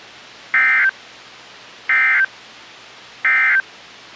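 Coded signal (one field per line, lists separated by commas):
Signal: Emergency Alert System (SAME) tones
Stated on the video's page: Severe thunderstorm and tornado alerts from weather radio stations KIH42, KIH35, KEC56 and KHB32.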